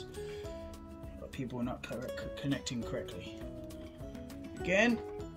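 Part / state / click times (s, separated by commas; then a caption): modular power cable connector into power supply socket / not seated / none. A modular power cable connector is handled at a power supply socket while someone talks over background music, with small handling sounds around 1.2 s and 4.3 s. The connector has not seated or clicked into the socket yet.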